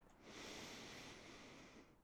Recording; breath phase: one breath near a microphone; inhalation